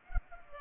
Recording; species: mosquito wingbeat signal from an infrared sensor; Culex pipiens